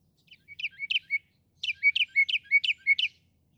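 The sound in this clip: Northern mockingbird song: a jumbled, warbling phrase of high and low notes repeated several times in quick succession.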